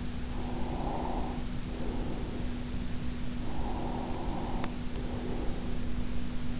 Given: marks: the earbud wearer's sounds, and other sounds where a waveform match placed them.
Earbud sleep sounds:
sounds in sleep by an in-ear microphone; breath
0.11-2.79 s: breath
3.34-6.11 s: breath

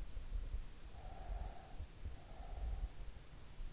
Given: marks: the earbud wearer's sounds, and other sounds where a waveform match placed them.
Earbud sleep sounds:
sounds in sleep by an in-ear microphone; breath
0.75-3.13 s: breath

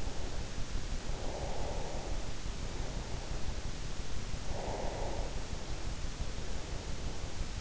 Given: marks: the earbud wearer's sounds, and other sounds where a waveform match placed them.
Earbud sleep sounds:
sounds in sleep by an in-ear microphone; breath
0.90-3.35 s: breath
4.33-7.01 s: breath

